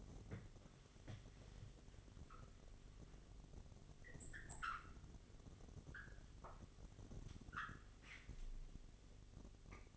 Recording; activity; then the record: daily activity, microphone in the room; wipe stove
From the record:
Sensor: 4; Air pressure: 1007.9 hPa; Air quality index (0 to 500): 198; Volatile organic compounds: 7 ppm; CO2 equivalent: 1979 ppm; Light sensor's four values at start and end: 22/71/27/26 and 22/71/27/26